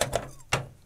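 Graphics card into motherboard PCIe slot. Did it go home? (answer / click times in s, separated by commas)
yes / 0.5 s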